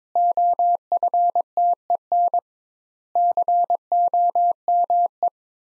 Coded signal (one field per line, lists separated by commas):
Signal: Morse code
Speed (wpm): 22 wpm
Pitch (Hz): 700 Hz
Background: none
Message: OFTEN COME